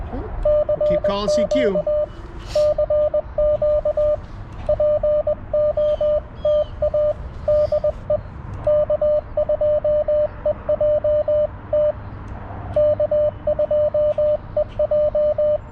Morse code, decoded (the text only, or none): CQ CQ POTA DE K2EJT K2EJ